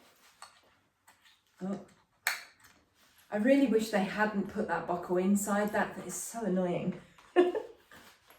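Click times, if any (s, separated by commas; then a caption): none. A plastic side-release buckle on the strap of an ErgoBaby Aerloom baby carrier is handled and pushed toward closing while someone talks, with a few soft handling knocks and a sharp tap near 2.3 s. Nothing has seated or clicked yet; the clip ends before the buckle locks, and a clean clunk would mean no fabric is trapped in it.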